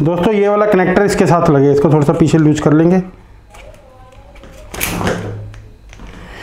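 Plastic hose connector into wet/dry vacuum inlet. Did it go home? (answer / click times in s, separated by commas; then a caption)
yes / 5.5 s, 5.9 s. A plastic hose connector is loosened slightly and pushed into the two-lock inlet of a Bosch GAS 15 PS wet/dry vacuum cleaner. Someone talks for the first three seconds, then there is handling and rustling, and sharp clicks at 5.5 s and 5.9 s as the connector locks into place.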